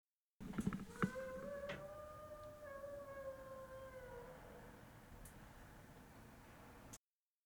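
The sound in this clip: Dog howling: a few sharp yelps open, then one long, smooth howl that holds its pitch, slowly sinks lower and fades out over about four seconds.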